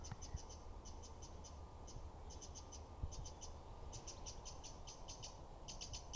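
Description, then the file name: Eurasian wren producing short bursts of dry clicking ticks, in irregular groups of several, over strong low rumbling background noise. "Troglodytes troglodytes"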